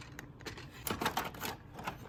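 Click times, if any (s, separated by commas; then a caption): none. A new toner cartridge is handled and pushed toward its slot in a laser printer, giving short sharp knocks and rattles at about 0.9, 1.2 and 1.5 seconds over a low background. Nothing has seated or clicked into place yet.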